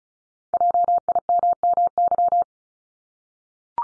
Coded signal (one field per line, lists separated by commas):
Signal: Morse code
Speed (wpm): 36 wpm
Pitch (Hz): 700 Hz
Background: none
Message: JIMMY